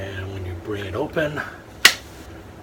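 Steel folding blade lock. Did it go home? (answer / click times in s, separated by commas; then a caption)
yes / 1.9 s. Someone talks while the steel blade of a WWII Army Air Force folding machete is swung open into its locked open position in the handle. At 1.9 s the lock engages with a single sharp snap, leaving a very positive lock with no wobble in the blade.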